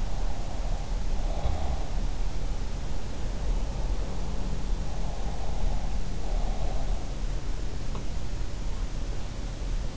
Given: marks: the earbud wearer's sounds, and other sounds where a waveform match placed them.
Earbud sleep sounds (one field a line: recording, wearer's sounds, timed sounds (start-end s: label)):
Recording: sounds in sleep by an in-ear microphone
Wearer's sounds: breath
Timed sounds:
0.00-1.99 s: breath